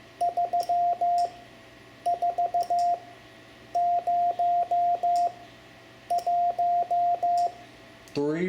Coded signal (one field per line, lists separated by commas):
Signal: Morse code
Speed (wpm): 15 wpm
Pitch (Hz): 700 Hz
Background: radio noise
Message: 3401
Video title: Learning CW for Ham Radio (Lesson 8) Morse Code numbers 0-4, Amateur Radio